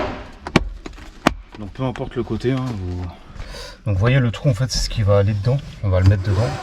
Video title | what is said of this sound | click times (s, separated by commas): Changer clip de panneau latéral de siège arrière BMW E46 | 现在，我来演示一下怎么把它卡上去。看到了吗？新的卡扣，只要把它卡上去就行了。 | 0.6 s, 1.3 s